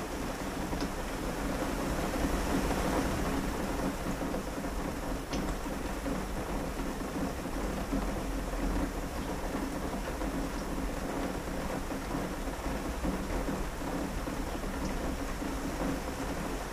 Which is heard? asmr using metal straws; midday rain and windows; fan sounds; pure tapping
midday rain and windows